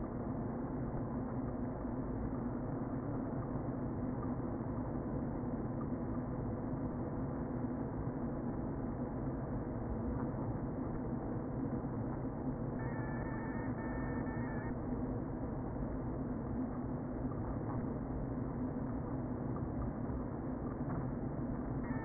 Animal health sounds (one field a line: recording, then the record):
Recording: honeybee colony, microphone inside the hive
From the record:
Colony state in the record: queen present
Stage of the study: before two queens were removed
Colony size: about 60,000 bees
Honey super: yes